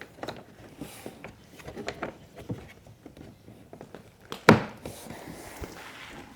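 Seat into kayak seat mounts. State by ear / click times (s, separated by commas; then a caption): seated / 4.5 s. A seat is fitted into the seat mounts on the plastic hull and frame of a new Vibe Makana 100 kayak. Faint knocks and shuffling lead up to one sharp, loud snap at 4.5 s, followed by quieter handling sounds. The seat snaps into place and is seated.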